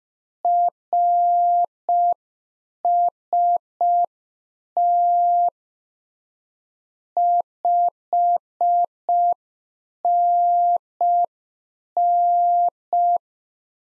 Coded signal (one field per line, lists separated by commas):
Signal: Morse code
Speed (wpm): 5 wpm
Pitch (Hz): 700 Hz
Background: none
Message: RST 5NN